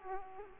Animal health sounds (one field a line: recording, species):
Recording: mosquito wingbeat signal from an infrared sensor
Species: Aedes aegypti